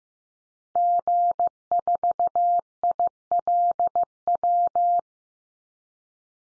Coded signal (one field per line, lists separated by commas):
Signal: Morse code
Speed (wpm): 15 wpm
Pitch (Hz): 700 Hz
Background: none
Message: G4ILW